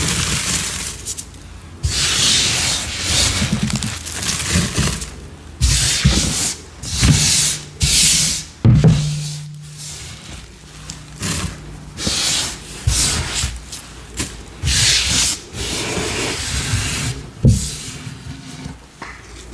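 Gym chalk and cornstarch being crushed and mixed, with bursts of dry crunching and gritty rubbing every second or so, plus a brief low hum near nine seconds.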